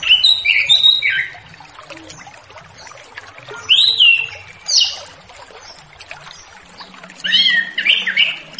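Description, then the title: Orange-headed thrush song: varied, sweet whistled phrases with rising and falling slurs come in short bursts separated by pauses of a few seconds. A faint soft hiss runs underneath. Relaxed, fluent (ngeplong santai) singing used as a lure to prompt young orange-headed thrushes just out of spotted juvenile plumage (lepas trotol) to sing. "Anis Kembang Ngeplong Santai , Untuk Pancingan Anis Kembang Lepas Trotol"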